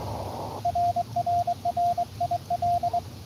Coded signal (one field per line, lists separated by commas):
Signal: Morse code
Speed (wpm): 22 wpm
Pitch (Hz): 690 Hz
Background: radio noise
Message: RRR IL